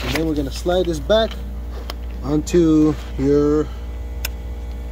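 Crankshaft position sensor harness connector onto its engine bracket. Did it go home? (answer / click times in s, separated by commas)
yes / 4.2 s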